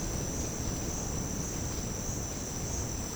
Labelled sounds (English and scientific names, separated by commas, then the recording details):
none
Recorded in secondary vegetation near Puerto Asís, Putumayo, Colombia, on 12 March 2025 at 09:30
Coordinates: 0.481, -76.318
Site G097